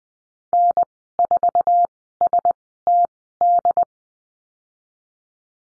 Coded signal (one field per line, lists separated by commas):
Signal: Morse code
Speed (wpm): 19 wpm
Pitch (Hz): 700 Hz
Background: none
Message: N4STD